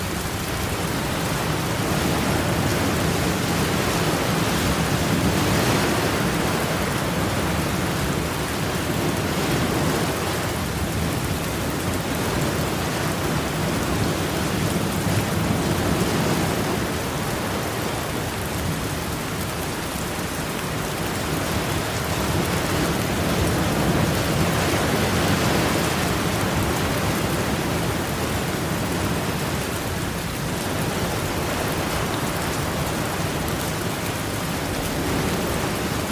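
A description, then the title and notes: Rain falls steadily over ocean waves, a dense, even hiss filling the whole clip without a break. Underneath, a low rumble of surf swells and eases slowly, with fuller surges around five, fifteen and twenty-five seconds, then settles again. Sound Of Rain On Ocean Waves (No Thunder).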